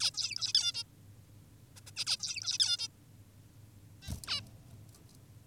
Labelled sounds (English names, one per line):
Zebra Finch